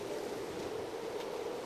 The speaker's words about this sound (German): Am besten wir bleiben unten am Strand. Meeresbrandung.